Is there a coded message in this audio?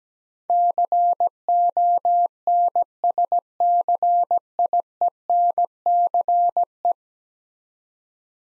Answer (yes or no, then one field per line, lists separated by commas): yes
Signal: Morse code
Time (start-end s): 0.5-6.9 s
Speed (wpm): 17 wpm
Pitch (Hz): 700 Hz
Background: none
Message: CONSCIENCE